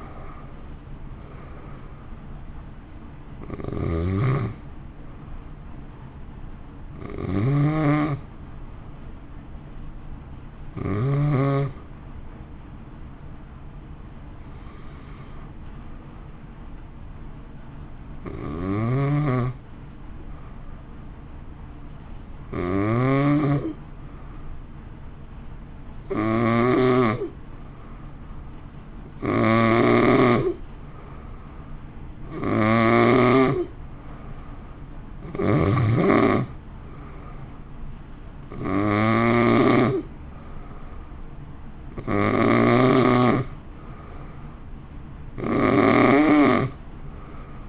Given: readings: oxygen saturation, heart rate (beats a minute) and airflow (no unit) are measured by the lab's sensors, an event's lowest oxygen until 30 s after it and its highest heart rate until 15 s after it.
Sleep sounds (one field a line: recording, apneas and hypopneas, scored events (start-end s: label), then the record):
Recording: breathing in sleep by a smartphone at the bedside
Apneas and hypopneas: 1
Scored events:
12.00-29.30 s: hypopnea (N2, oxygen 94% highest, then 90% lowest)
From the record:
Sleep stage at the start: N2 (light sleep)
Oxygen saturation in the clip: 89 to 94%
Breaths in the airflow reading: 14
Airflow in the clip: -1.7 to 1.5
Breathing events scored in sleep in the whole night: 328 in 6.3 hours asleep